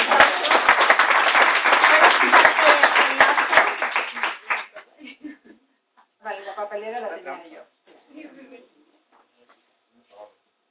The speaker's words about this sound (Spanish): Muy bien, un aplauso.